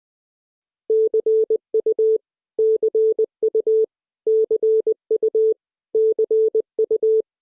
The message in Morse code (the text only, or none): CU CU CU CU